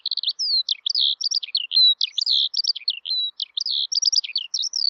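Eurasian skylark singing a fast, continuous warble of sharp chirps, buzzy trills and short sliding whistles, bright and high, in a quiet background.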